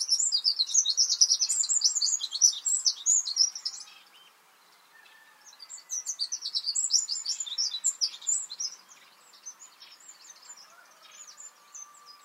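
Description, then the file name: Eurasian wren song, two long energetic strophes of fast high trills and chattering notes separated by a short pause. "Troglodytes troglodytes"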